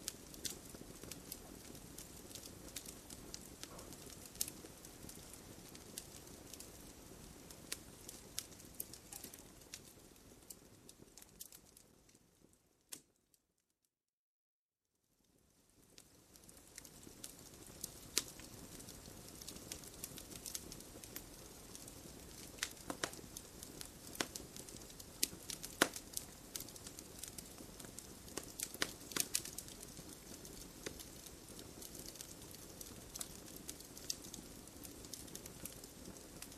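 A crackling fireplace fire, with a steady low rumble under frequent sharp pops and snaps scattered irregularly throughout. Around the middle, the sound fades out completely for a couple of seconds, then returns at the same busy level.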